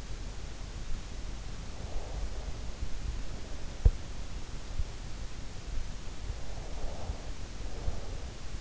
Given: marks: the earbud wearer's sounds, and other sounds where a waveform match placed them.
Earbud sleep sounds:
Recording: sounds in sleep by an in-ear microphone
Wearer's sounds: breath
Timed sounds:
1.82-2.89 s: breath
6.63-8.61 s: breath

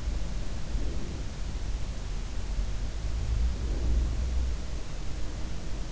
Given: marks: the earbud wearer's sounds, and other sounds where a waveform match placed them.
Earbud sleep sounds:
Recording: sounds in sleep by an in-ear microphone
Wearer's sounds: breath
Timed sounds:
0.32-1.61 s: breath
3.46-4.50 s: breath

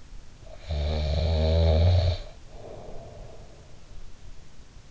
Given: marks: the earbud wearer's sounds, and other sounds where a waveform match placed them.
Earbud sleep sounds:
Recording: sounds in sleep by an in-ear microphone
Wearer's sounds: snoring breath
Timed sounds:
0.45-3.86 s: snoring breath

